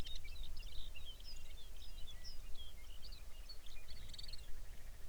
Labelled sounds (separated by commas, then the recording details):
songbird, grouse or ptarmigan
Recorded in the Arctic National Wildlife Refuge, Alaska, on 23 May 2019 at 05:00
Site 49